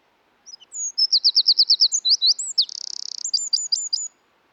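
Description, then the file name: Eurasian wren singing a vigorous high phrase of quick repeated notes, a rattling trill in the middle and several sharp closing notes, about four seconds long. "British Library - European Wren Troglodytes troglodytes"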